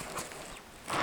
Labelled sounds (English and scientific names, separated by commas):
Superb Starling (Lamprotornis superbus) flight call